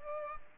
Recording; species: mosquito wingbeat signal from an infrared sensor; Culex pipiens